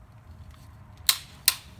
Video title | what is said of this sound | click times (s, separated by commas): How To Assemble Your New Drip Garden | simply opening this up and clipping it'll click into place | 1.1 s, 1.5 s